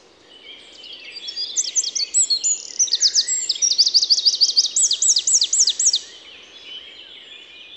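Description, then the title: Eurasian wren song, a vigorous high-pitched outpouring of fast trills and rattling notes running several seconds before stopping sharply. Recorded at Les Avenières Veyrins-Thuellin, France, with a stereo parabolic microphone and handheld recorder. "Envirhôna, Les Avenières Veyrins-Thuellin, France - Troglodyte mignon"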